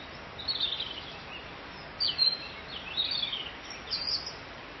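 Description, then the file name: Bird song of quick, high chirps and twitters repeated in short bursts, with a steady hiss behind. "Vogel"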